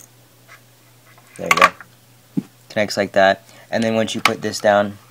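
A printed add-on mod piece is handled against the rail mount of an airsoft gun while someone talks over faint low background hum. The piece has not seated or clicked into place yet.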